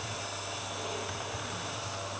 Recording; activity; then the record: daily activity, microphone in the room; vacuum cleaning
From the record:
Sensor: 2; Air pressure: 1007.5 hPa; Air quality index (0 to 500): 32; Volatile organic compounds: 1 ppm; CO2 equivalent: 520 ppm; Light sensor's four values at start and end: 8/18/7/8 and 8/18/8/8